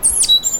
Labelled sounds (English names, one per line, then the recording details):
Stitchbird song
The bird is a male
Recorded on Tiritiri Matangi Island, New Zealand, in 2005
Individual 1, of nest box 1